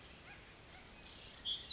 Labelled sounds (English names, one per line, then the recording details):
Pacific Wren
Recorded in Sonoma County, California